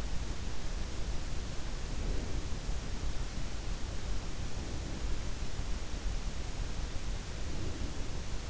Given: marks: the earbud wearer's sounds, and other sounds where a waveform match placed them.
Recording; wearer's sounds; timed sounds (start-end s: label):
sounds in sleep by an in-ear microphone; breath
1.69-2.95 s: breath
4.36-5.62 s: breath
7.32-8.50 s: breath